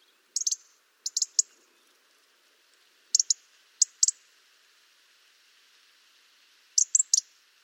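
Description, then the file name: European robin calls: pairs and triplets of high, sharp ticking notes, separated by pauses, against faint background hiss. "Erithacus rubecula"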